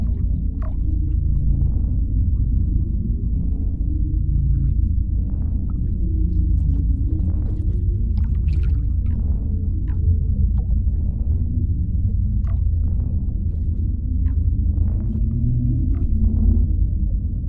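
A spaceship ambience built on a dense, steady low hum and rumble that barely changes in level. Soft hollow whooshes and faint, bright metallic pings drift in every second or two, with a few sharper clicks scattered throughout.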